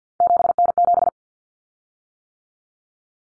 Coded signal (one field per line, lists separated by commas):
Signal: Morse code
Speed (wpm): 50 wpm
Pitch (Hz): 700 Hz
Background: none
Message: 7N7